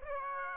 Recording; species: mosquito wingbeat signal from an infrared sensor; Aedes aegypti